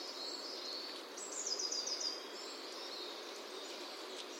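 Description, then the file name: Eurasian nuthatch calling, a quick run of high, slightly falling notes lasting about a second, over a steady hiss of background noise. "Sitta europaea"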